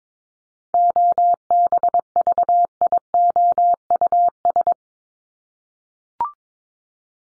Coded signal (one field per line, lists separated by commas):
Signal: Morse code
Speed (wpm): 22 wpm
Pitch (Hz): 700 Hz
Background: none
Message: OBVIOUS